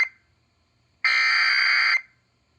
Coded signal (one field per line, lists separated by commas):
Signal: Emergency Alert System (SAME) tones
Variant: header bursts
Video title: (FOUND SAFE) CAE | EAS #917